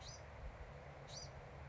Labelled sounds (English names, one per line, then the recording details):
Bewick's Wren
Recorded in Sonoma County, California